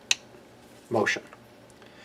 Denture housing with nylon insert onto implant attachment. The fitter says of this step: vertically until i hear a loud snap